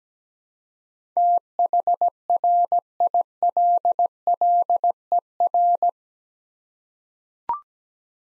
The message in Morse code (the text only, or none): THRILLER